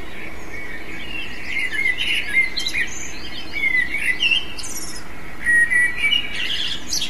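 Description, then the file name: Eurasian blackbird giving a string of short fluty whistles and high chattering twitters, repeated in quick phrases, with steady background hiss throughout. "merle"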